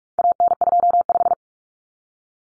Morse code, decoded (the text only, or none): AN25